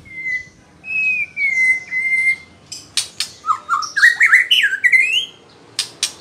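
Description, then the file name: White-rumped shama song: long clear whistles near one pitch, then a rising series of short fluting notes, with sharp clicks and ticks between phrases. Female. "murai batu betina"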